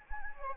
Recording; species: mosquito wingbeat signal from an infrared sensor; Anopheles gambiae